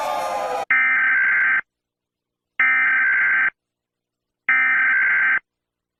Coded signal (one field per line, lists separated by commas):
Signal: Emergency Alert System (SAME) tones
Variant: header bursts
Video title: rating eas alarms last one is SCARY 😨